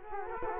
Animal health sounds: mosquito wingbeat signal from an infrared sensor; Culex quinquefasciatus

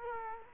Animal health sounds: mosquito wingbeat signal from an infrared sensor; Culex quinquefasciatus

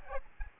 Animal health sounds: mosquito wingbeat signal from an infrared sensor; Aedes aegypti

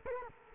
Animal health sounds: mosquito wingbeat signal from an infrared sensor; Culex quinquefasciatus

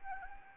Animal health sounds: mosquito wingbeat signal from an infrared sensor; Anopheles arabiensis

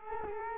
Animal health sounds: mosquito wingbeat signal from an infrared sensor; Culex quinquefasciatus

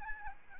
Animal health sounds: mosquito wingbeat signal from an infrared sensor; Aedes albopictus

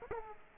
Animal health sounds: mosquito wingbeat signal from an infrared sensor; Aedes aegypti

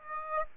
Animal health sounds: mosquito wingbeat signal from an infrared sensor; Aedes aegypti

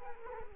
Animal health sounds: mosquito wingbeat signal from an infrared sensor; Culex quinquefasciatus

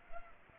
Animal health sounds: mosquito wingbeat signal from an infrared sensor; Culex pipiens

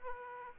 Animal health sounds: mosquito wingbeat signal from an infrared sensor; Aedes aegypti

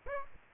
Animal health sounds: mosquito wingbeat signal from an infrared sensor; Aedes aegypti

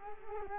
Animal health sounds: mosquito wingbeat signal from an infrared sensor; Culex quinquefasciatus

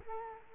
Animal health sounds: mosquito wingbeat signal from an infrared sensor; Culex quinquefasciatus

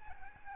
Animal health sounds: mosquito wingbeat signal from an infrared sensor; Aedes albopictus

